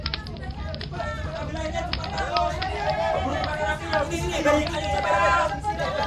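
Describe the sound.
A busy crowd of many people, villagers gathered at a fire and helping to put it out, shouting and talking over one another, with a steady low rumble and occasional crackling underneath, loud and continuous throughout.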